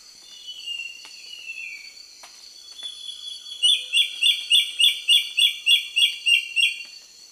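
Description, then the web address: Immaculate antbird singing a steady run of about ten clear whistled notes, each slightly slurred, evenly paced at roughly three per second, after quieter high tones. Ecuador. "Natures Songs S America Birds of Ecuador Immaculate Antbird"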